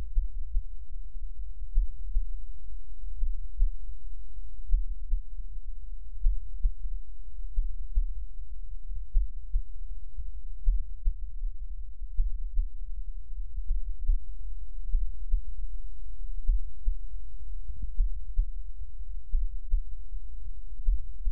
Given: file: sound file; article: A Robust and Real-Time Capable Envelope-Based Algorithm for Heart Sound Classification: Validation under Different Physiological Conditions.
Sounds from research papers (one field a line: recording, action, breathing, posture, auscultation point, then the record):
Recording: heart sounds by electronic stethoscope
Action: rest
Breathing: normal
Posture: lying on stomach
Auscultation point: Erb’s point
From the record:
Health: healthy, no known heart disease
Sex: male